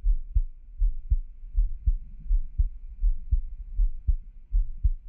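A normal adult heartbeat heard close to the microphone, with steady, low-pitched lub-dub beats at about 80 per minute.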